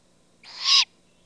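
Great horned owl juvenile producing one raspy, breathy screech, rising in loudness and cutting off abruptly after about 0.4 seconds, with faint low hum beneath.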